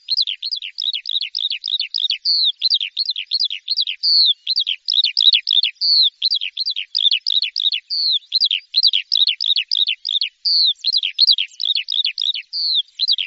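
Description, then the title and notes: Bird song, loud rapid series of down-slurred chirps, repeated continuously with a few brief pauses and occasional longer whistled notes mixed in. "Bird Sound. Kicau Burung Lengkap"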